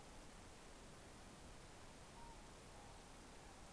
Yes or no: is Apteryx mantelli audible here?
no